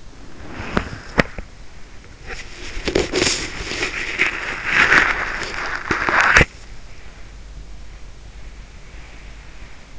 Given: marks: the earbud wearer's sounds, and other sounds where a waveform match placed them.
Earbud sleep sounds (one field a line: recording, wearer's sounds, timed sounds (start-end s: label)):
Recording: sounds in sleep by an in-ear microphone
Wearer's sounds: body movement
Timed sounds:
0.00-7.17 s: body movement